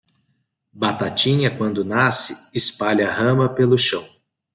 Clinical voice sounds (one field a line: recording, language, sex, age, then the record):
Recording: short text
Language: Brazilian Portuguese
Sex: male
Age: 40 to 49 years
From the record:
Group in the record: control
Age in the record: 43 years